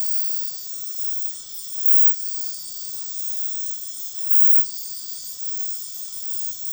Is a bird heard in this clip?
no